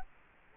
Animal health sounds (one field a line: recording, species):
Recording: mosquito wingbeat signal from an infrared sensor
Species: Culex quinquefasciatus